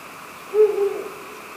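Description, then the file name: Ural owl calling once, a low even hoot that breaks briefly and then fades away, over quiet hiss. "fukuro"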